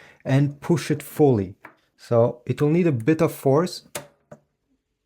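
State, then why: Seated. Someone talks while a color print head is pushed fully into the carriage of an HP Smart Tank 5103 printer with the thumb, which takes some force. A short, sharp click at 4.3 s marks the print head seating in the carriage.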